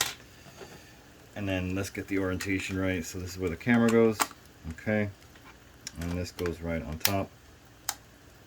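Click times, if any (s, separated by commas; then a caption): 7.9 s. A plastic protective case is pressed onto the back of a Samsung Note 20 Ultra with a broken back cover, top edge first, while someone talks. One sharp tick at 7.9 s marks the case edge snapping on, and the case is seated.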